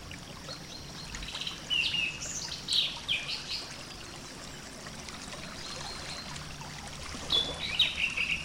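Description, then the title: Orange-headed thrush delivering jumbled, varied whistled phrases, one busy run in the first half and another toward the end, over steady background hiss. "Burung Anis Merah"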